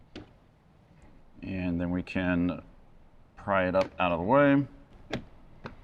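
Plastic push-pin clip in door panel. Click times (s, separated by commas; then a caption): 0.2 s. A plastic push-pin clip holding the door panel of a 2016–2023 Toyota Tacoma has its center pin pressed in until it clicks at 0.2 s, which releases the clip so it can be pried out. Someone then talks, and two more short sharp ticks follow near the end.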